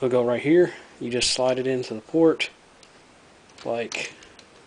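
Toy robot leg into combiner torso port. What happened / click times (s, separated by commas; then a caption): The part is being fitted but has not clicked home yet / none. Someone talks while handling a plastic Transformers Combiner Wars Superion toy, sliding the Drag Strip figure, which forms the left leg, into the combiner torso's connection port, with faint handling ticks between the speech. Nothing has seated or clicked yet; the leg is not home by the end of the clip.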